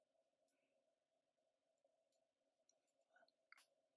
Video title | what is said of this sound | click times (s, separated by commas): HMT Jayanth Watch Repair - Part 1 | The stem is easy to put back in. You just shove it in and wait till it clicks. | 3.5 s